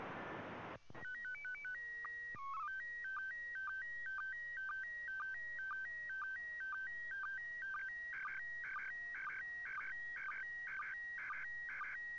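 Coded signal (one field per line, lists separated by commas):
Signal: SSTV (slow-scan television)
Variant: PD 120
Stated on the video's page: ISS SSTV on 145.800 MHz FM during an 85-degree pass.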